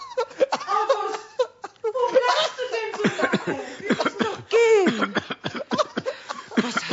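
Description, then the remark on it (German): A rapid series of harsh, sputtering coughs, as if choking on something, mixed with gasping, strained vocal bursts that fall into an irregular, fit-like rhythm and stay fairly loud throughout. “Woran hast du dich denn verschluckt?”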